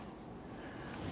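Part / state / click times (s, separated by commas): wiring harness connector into engine sensor / not seated / none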